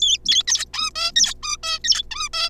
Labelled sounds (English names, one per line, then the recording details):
Zebra Finch
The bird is a juvenile
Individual R3549